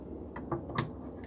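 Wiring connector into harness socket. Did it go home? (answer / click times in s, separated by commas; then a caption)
yes / 0.8 s. A wiring connector is pushed back into its harness socket during a repair of a VW AdBlue (reductant tank) heater for fault P202A. A few faint ticks at about 0.4 and 0.5 seconds lead up to a sharp, bright click at 0.8 seconds, followed by a softer tick near 1.2 seconds. The connector clicks in and is seated.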